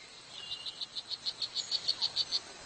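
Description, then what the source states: Strawberry poison dart frog calling, a rapid series of high, short buzzy pulses, about seven per second, over faint background hiss. Male calling in the jungle to attract mates, cicada-like and as loud as possible; frog only 2 cm long; poisonous, so needs no hiding.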